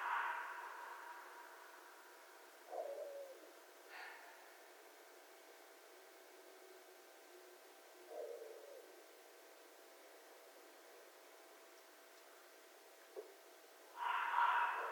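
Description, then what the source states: Red fox screams: a coarse, raspy burst at the start, a few faint short sounds during a long quiet stretch, then another harsh scream near the end. Recorded 11 January 2012.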